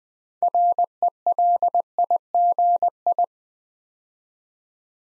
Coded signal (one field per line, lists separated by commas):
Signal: Morse code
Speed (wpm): 20 wpm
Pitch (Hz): 700 Hz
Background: none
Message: RELIGI